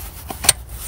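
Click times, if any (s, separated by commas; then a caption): 0.5 s. A plastic engine cover pad on a 2016-onwards Smart ForFour is pushed back onto its mounts on top of the engine. A soft knock at 0.3 s is followed by a sharp, bright snap at 0.5 s over faint background hum. The pad clicks home solidly and is seated.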